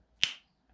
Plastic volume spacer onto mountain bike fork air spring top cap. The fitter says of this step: if you listen carefully you should hear a big click and that means it's on